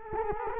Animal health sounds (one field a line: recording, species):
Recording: mosquito wingbeat signal from an infrared sensor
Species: Culex quinquefasciatus